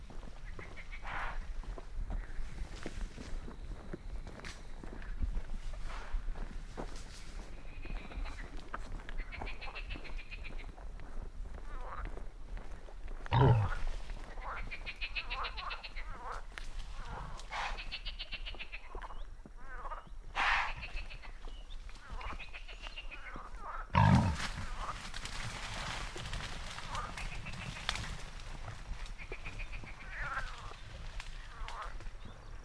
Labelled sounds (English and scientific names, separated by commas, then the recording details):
Wild Boar (Sus scrofa)
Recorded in the wild
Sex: diverse
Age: diverse
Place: Gartz (Oder), Nationalpark Unteres Odertal, Brandenburg, DE
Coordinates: 53.1423, 14.3657
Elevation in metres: 1
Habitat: meadow
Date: 2014-05-07 21:30
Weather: cloudy, 18°C, almost windless
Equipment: Sound Devices 702, Sennheiser MKH 70, Rycote Windschutz
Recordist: Frommolt, Karl-Heinz